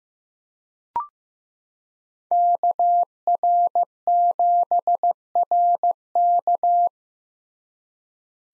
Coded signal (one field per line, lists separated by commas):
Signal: Morse code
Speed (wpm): 15 wpm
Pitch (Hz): 700 Hz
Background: none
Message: KR7RK